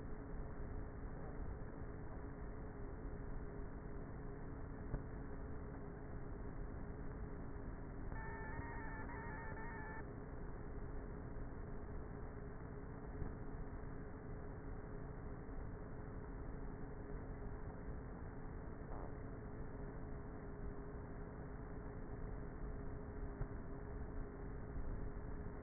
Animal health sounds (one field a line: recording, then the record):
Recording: honeybee colony, microphone inside the hive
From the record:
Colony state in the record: queenless with a low population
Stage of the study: before two queens were removed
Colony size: about 30,000 bees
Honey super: no